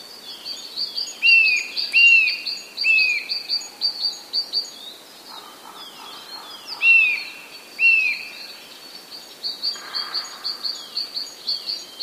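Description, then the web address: Eurasian nuthatch giving a varied mix of curved whistled notes and rapid high chirps, uneven in rhythm. "kowalik kowalikzmienny"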